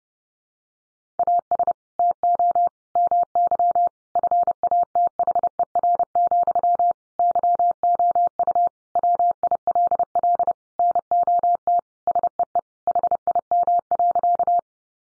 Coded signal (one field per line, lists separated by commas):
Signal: Morse code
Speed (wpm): 30 wpm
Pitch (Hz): 700 Hz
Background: none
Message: AS TO MY FATHER, YOU WILL NOT SEE HIM.